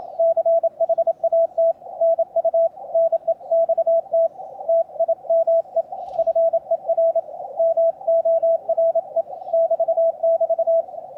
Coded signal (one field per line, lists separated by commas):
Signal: Morse code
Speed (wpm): 27 wpm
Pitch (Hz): 660 Hz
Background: radio noise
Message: CHAT NU NEXT TIME FER MORE <BT><BT>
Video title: Testing a home Brew Elevated Vertical Antenna on the air using CW, other antennas here. The Shack